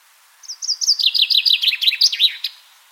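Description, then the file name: Common chaffinch song, one full phrase of quick, bright notes tumbling downward in pitch before a short accented ending. "Fringilla coelebs"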